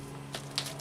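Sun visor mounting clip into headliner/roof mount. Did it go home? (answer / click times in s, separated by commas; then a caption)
yes / 0.6 s. A right-side sun visor on a Honda Pilot has its mounting tab fished up into the headliner at about a 45-degree angle and is swung back until the plastic clip meets the roof mount. A faint tick at 0.4 s comes before a sharp, brief click at 0.6 s over a steady low hum. The clip snaps and seats in the mount and no longer pops out.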